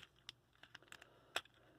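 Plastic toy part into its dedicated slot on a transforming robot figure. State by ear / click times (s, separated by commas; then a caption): seated / 1.4 s. During the transformation of a Cyberverse Adventures Wildwheel Decepticon plastic action figure, a part is pushed into its dedicated slot on the robot. A few small plastic clicks and taps come around 0.3, 0.6, 0.8 and 0.9 seconds, then a louder, sharp snap at 1.4 seconds. The part pops into place and seats.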